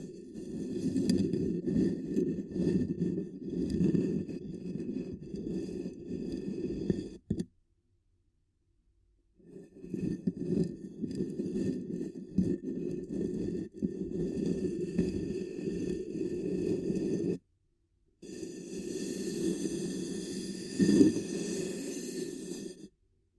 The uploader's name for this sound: Ear Cupping Triggers